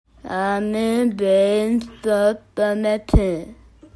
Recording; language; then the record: elicited speech; Bengali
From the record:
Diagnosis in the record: Broca's or global aphasia after a stroke